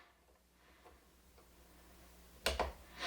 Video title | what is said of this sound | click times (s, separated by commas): Embossing with the Cricut Explore | And I don't know if you could hear that cause my click is really quiet, but Now, | 2.5 s